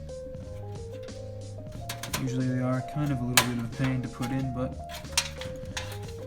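A small PC part, likely the rear I/O shield, is handled and pressed toward its opening in the metal PC case before the motherboard goes in, with short sharp taps around 1.9, 2.0, 5.2, 5.4 and 5.8 seconds over background music while someone talks. The part is awkward to fit, and nothing has seated or clicked into place yet.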